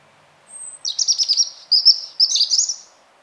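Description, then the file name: European robin song: a thin high whistle, then three quick warbling, twittering phrases of high notes separated by brief pauses. "Erithacus rubecula"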